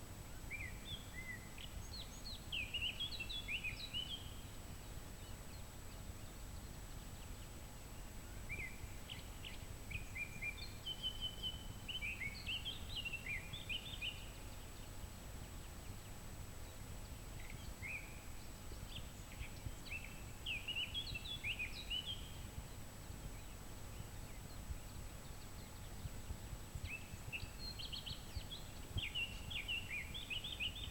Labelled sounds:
Eurasian Blackcap (Sylvia atricapilla) song

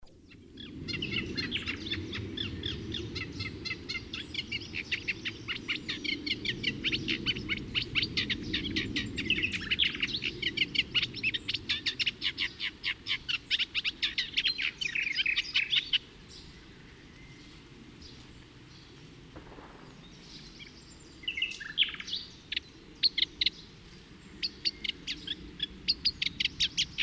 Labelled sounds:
Eurasian Reed Warbler (Acrocephalus scirpaceus) song

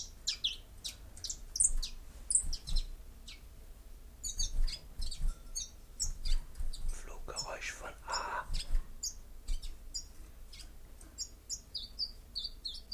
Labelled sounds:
Common Chiffchaff (Phylloscopus collybita) song

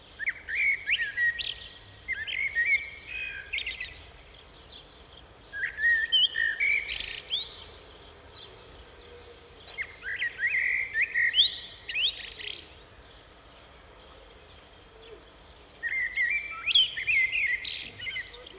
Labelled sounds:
Common Blackbird (Turdus merula) song

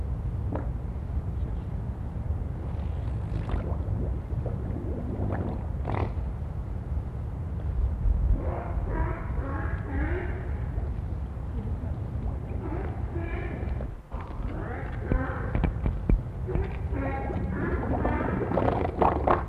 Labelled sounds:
Harbor Seal (Phoca vitulina)

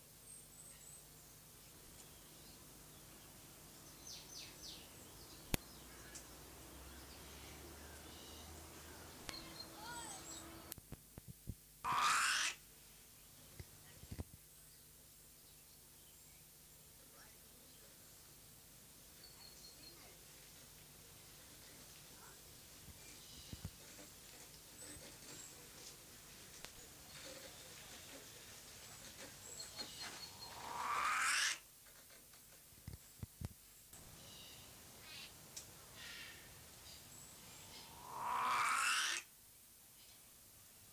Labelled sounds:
Trumpet Manucode (Phonygammus keraudrenii) call

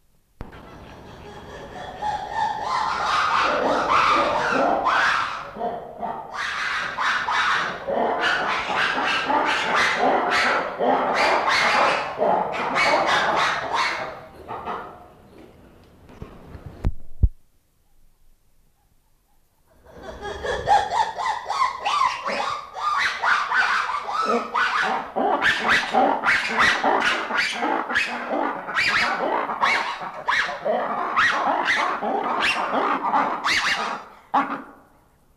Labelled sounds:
Black-and-white Ruffed Lemur (Varecia variegata)

